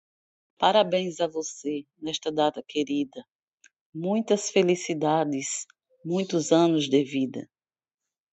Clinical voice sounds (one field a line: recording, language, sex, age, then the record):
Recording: short text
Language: Brazilian Portuguese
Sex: female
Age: 50 to 59 years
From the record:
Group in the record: control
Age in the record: 51 years